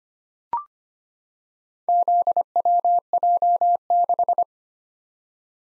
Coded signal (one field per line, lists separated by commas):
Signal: Morse code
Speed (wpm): 25 wpm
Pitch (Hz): 700 Hz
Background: none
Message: ZWJ6